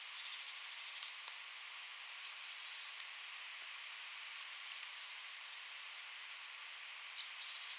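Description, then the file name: Eurasian nuthatch calls: a quick run of high, thin repeated notes, then short sharp piping notes scattered through the rest, over a steady soft hiss. "Sitta europaea"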